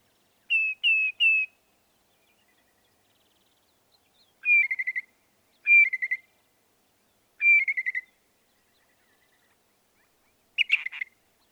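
Northern mockingbird song: three short whistled notes, then three separate falling slurred whistles spaced over seconds, ending with a brief harsher phrase.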